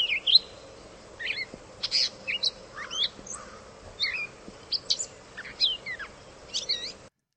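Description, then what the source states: Gray Catbird song: a varied string of squeaky and scratchy high phrases separated by short pauses. Talkative, squirrely mimid imitating songs of red-eyed vireo and goldfinch, filtered through a squeaky tone; nesting by the river outside the studio.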